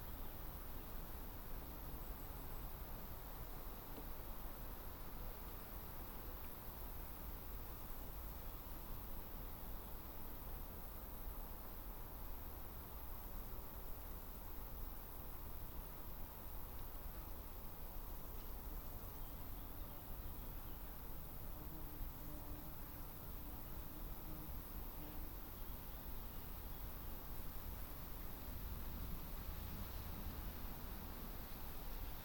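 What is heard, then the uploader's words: A summer meadow at a woodland edge, filled with a steady, dense hiss of rustling and insect buzz that stays even throughout. A faint low hum drifts through in the middle, and a thin high chirp briefly appears near the start. Summer meadow woodland edge. How banks of soft summer air move spatially across the treetops. That sings, with the sound of stridulating crickets. We travelled into Hertfordshire (by train and on foot of course) to take this sound photograph from as near as possible to the Clinton Baker Pinetum one lunchtime last week.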